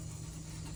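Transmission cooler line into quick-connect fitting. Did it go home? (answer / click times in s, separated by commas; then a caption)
no / none. A transmission cooler line for a 2006–2016 Chevy Impala is handled at its new quick-connect fitting while being pushed in to fix a transmission oil leak. A steady low hum runs through the clip with no distinct transients. Nothing has seated or clicked yet.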